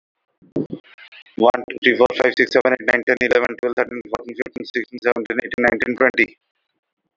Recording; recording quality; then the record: counting at a fast pace; excellent, no background noise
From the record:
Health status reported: exposed to COVID-19, no respiratory illness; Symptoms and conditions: hypertension, diabetes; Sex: male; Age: 46 years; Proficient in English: yes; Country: India